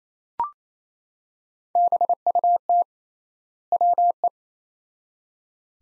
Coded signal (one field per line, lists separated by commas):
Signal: Morse code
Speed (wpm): 28 wpm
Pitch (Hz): 700 Hz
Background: none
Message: BUT WE